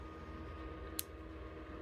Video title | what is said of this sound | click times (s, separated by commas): Bitcoin Mining Heater DIY TUTORIAL! | every time you put in a cable push it until you hear a click | 1.0 s